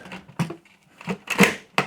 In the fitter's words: That snaps into place. Make sure that snaps.